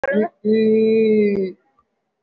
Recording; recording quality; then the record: sustained vowel as in beet; excellent, no background noise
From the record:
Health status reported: COVID-19 positive, moderate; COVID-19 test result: positive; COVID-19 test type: RT-PCR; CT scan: taken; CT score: 2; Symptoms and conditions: breathing difficulty, another respiratory illness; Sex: female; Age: 78 years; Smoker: no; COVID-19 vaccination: one dose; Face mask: worn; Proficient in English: no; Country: India